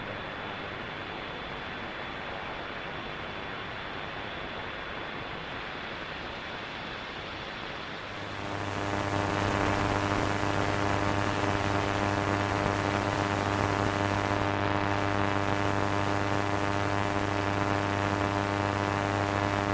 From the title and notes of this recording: This episode of the White Noise Podcast is RADIO INTERFERENCE.